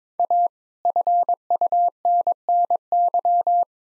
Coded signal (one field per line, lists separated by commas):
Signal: Morse code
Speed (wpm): 22 wpm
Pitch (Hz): 700 Hz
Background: none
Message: A FUNNY